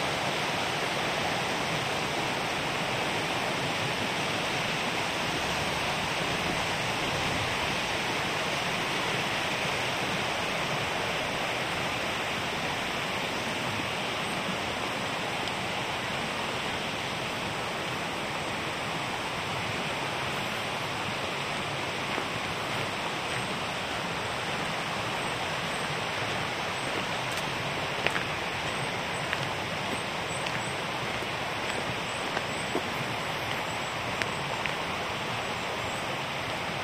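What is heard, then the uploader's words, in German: A small brook flows steadily, its dense rushing and splashing unbroken from start to finish with little change in level. The sound is full and hissing, mostly mid and bright, and a few slightly sharper splashes or clicks stand out in the last ten seconds. Ambisonics Binauraler Spaziergang entlang eines kleinen Baches. Entspannende Naturklänge.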